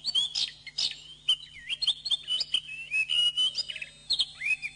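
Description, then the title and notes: Bird song, a short flowing phrase of looping whistles and quick chirps, rising and dipping, over a faint low hum. Masteran birdsong training recording. "MASTERAN BURUNG. suarane manok"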